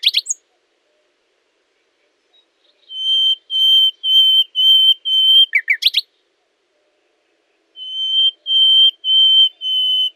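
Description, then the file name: Common nightingale giving its slow sequence of long, pure, level whistles, each repeated and held, separated by brief gaps, with sharp chattering notes between phrases. "Luscinia megarhynchos"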